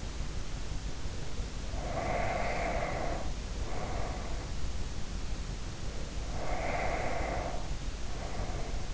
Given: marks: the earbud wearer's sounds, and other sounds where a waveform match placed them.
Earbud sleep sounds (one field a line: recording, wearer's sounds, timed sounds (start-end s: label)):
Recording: sounds in sleep by an in-ear microphone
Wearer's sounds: breath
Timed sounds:
0.84-4.80 s: sound from someone else or the room
1.72-4.80 s: breath
5.66-8.94 s: sound from someone else or the room
6.17-8.94 s: breath